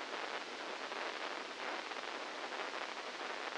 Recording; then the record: brain microelectrode recording played as sound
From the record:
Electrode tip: inside the subthalamic nucleus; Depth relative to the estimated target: -3 mm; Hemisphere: left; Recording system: NeuroSet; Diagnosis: Parkinson's disease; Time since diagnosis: 15 years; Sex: female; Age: 59 years